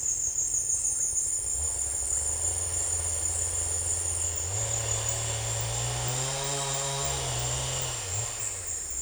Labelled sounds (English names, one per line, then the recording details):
none
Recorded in secondary vegetation near Puerto Asís, Putumayo, Colombia, on 26 December 2024 at 15:00
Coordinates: 0.484, -76.319
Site GP06